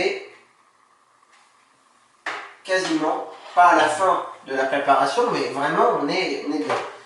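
Someone handles the plastic lid of a food processor, bringing it onto the bowl to close and lock it. A short sound at the start is followed by a faint steady tone, then someone talks from about 2.3 s to the end. Nothing has seated or clicked yet.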